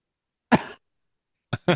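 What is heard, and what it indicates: A single harsh, fairly loud cough from an adult is followed about a second later by two short, quick bursts, the last cut off at the end. The sounds are dry and abrupt, like a throat-clearing cough, in a quiet small room with no speech.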